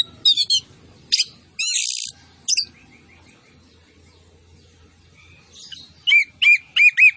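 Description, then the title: Orange-headed thrush song: short bursts of high sharp notes, a faint thin whistle, then a run of repeated whistled notes near the end. Vigorous singing with full fill-in phrases and 'tembakan cililin' style shots. "Anis Kembang Gacor. MASTERAN ANIS KEMBANG ISIAN FULL DENGAN TEMBAKAN CILILIN"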